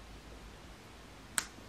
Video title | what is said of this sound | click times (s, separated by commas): GOOGOO HAIR EXTENSIONS HONEST REVIEW, UNBOXING, FIRST IMPRESSIONS AND TRY ON. ARE GOOGOO WORTH IT? | and then you can hear the clip snap into place | 1.4 s